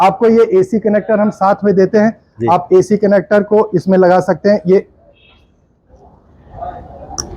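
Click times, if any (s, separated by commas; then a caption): 7.2 s. A supplied AC output connector is pushed firmly into the AC port of a solar inverter unit. Someone talks for the first five seconds, then after a quieter stretch of handling noise, a sharp click is heard at 7.2 s as the connector seats.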